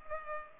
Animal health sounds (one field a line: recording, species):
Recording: mosquito wingbeat signal from an infrared sensor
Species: Culex pipiens